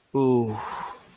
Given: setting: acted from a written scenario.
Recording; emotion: vocal sound without words; shame